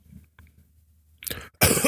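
After a near-silent pause, a short breathy rasp is followed by one loud, harsh, explosive cough cut off at the end. It is a single brief cough from an adult man, with a quiet room behind it.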